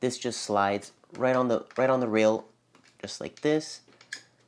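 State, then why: Seated. A small hot shoe adapter is slid onto the rewind-side accessory rail of a Nikon F3 film SLR camera, which has no hot shoe of its own. Someone talks while it slides on, and then a sharp click at 4.1 s marks it locking into place.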